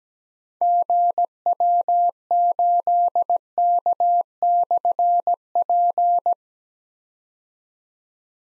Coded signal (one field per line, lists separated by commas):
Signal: Morse code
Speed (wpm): 17 wpm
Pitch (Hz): 700 Hz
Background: none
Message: GW8K/P